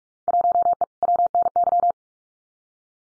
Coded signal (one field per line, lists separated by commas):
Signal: Morse code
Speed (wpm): 46 wpm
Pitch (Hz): 700 Hz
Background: none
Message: 1E WNY